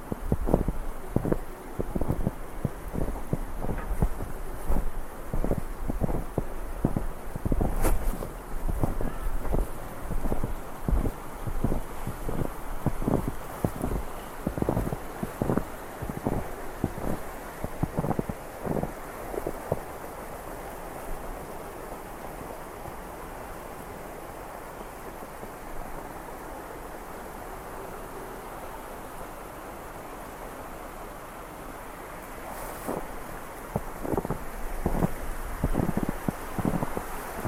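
Footsteps crunch through snow in a quick, steady rhythm for the first twenty seconds, then pause, leaving a soft rushing of river water and wind. Around thirty-three seconds the crunching steps start again over the same low, constant wash.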